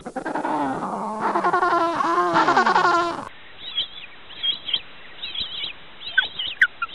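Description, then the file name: Penguin giving a long braying sequence of harsh, pulsing honks for about three seconds, followed by softer scattered high chirps. "tieng chim canh cut keu"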